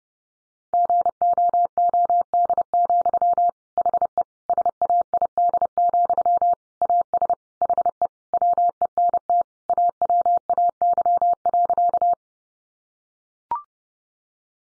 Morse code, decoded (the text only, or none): GOOD, HE SAID, AS HE WENT AWAY.